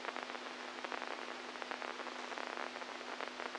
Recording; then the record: brain microelectrode recording played as sound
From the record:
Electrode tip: inside the subthalamic nucleus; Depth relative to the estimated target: -1 mm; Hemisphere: right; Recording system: NeuroSet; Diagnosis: Parkinson's disease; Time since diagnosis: 10 years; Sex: male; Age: 65 years